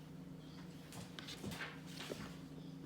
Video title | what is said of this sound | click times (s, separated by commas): BACK TO SCHOOL LUNCH IDEAS WEEK 1 - BENTO STYLE LUNCHES | just want to hear that snap. No, it's not gonna work. | none